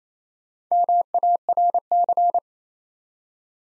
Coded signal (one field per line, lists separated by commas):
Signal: Morse code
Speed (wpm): 29 wpm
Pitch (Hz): 700 Hz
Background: none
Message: MARC